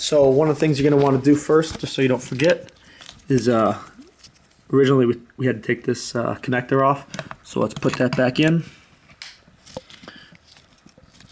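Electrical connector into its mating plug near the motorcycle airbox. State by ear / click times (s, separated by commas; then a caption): seated / 9.2 s. While reinstalling a K&N air filter on a Honda CBR 1000RR (also applicable to the 600RR), an electrical connector that was removed earlier is plugged back into its mating plug near the motorcycle airbox. Someone talks for most of the clip, then a sharp click at 9.2 s marks the connector seating, followed by a few faint handling ticks.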